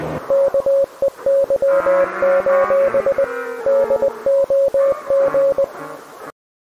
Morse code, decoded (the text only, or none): KEY: DOG